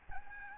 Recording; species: mosquito wingbeat signal from an infrared sensor; Aedes albopictus